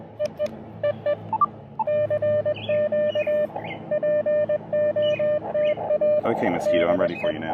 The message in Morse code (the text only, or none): EE EE CQ POTA DE